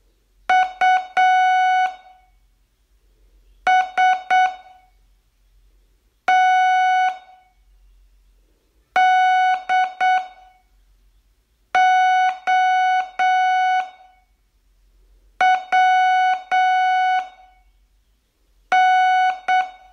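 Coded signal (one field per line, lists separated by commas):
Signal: Morse code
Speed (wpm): 7 wpm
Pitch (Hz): 740 Hz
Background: none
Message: USTDOWN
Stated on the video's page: Morse code training, day 19 of a 42-day learning course.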